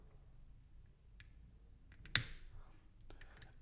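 The fourth leg of a LEGO seal model, a plastic brick sub-build, is pressed onto the model's body. After a few faint plastic ticks, it snaps on with one sharp, loud click at 2.2 seconds, followed by a few lighter clicks. The leg is seated.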